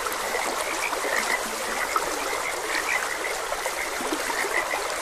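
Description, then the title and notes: Frog croaks, brief bright notes scattered throughout, set against constant babbling water. Frogs croaking beside a gentle stream. "Gentle Stream and Frogs Croaking. Sleep and Relaxation Podcast"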